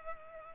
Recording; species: mosquito wingbeat signal from an infrared sensor; Culex pipiens